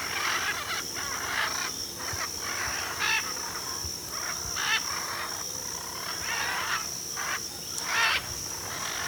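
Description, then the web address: Military macaw giving a series of harsh, raspy squawks in repeated bursts over a steady high-pitched background whine. Recorded in Ecuador. "Birds of Ecuador. Military Macaw"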